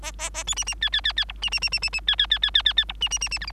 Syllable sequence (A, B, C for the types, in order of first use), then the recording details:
A A A B C C D D D D E C C C C C C D D D D D D D E C C C C F G. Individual Bird3